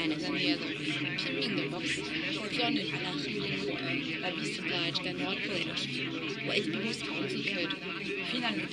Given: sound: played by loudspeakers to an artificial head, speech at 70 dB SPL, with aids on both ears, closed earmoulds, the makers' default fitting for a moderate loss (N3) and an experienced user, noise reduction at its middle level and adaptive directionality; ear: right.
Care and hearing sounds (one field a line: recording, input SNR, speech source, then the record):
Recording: speech test signal (ISTS) in cocktail-party noise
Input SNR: -6 dB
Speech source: on the right (90 degrees)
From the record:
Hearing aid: class 2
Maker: D